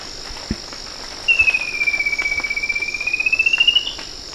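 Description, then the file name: Bird's throbbing whistled trill of roughly two and a half seconds, dipping gently then rising at the close. A continuous high-pitched hiss sits in the background. "SABIOD 50 bird 2015"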